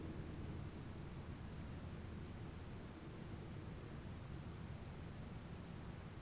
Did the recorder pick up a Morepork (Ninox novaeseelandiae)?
no